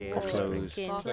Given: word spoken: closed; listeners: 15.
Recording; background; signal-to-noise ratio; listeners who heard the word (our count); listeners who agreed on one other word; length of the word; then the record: one English word in noise, from a listening test; four-talker babble; -0.3 dB; 2 of 15; 6 of 15; 0.73 s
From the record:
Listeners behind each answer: 6, 2, 2, 1, 1, 1, 1, 1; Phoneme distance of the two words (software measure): 14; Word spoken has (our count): 1 syllable, 5 phonemes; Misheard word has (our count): 1 syllable, 5 phonemes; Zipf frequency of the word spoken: 4.69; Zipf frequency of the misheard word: 4.74